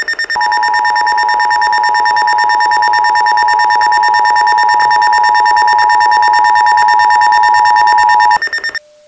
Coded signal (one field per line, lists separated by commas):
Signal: Emergency Alert System (SAME) tones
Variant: 853 and 960 Hz attention tone